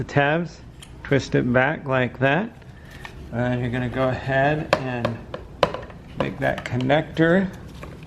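A plastic wiring harness connector is handled at the fog light bulb socket of a 2013-2021 Mitsubishi Outlander, with someone talking over short bursts of handling noise and a sharp tap at about 5.6 s. The connector has not been pushed onto the socket yet, so nothing has latched or clicked.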